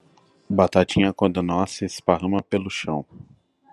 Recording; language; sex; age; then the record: short text; Brazilian Portuguese; male; 30 to 39 years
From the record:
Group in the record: control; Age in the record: 35 years